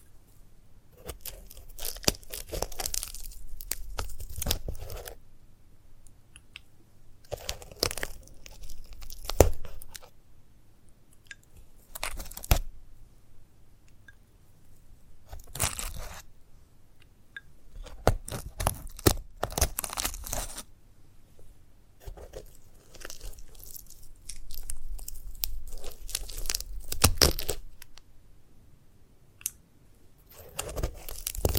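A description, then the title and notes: Crackly crunching and tearing sounds from handling a sunflower head come in bursts every few seconds, each a cluster of sharp, bright snaps and rustles. Between bursts there are short, quieter stretches with faint scratching, and the pattern repeats across the whole clip. ASMR of a Sunflower Head (No Talking).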